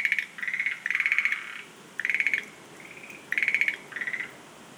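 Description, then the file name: Schlegel's green tree frog calling in bursts of rapid, clucking pulses, some groups long and rattling, others short, with faint hiss behind. "rodolphe alexis - rhacophorus schlegelii"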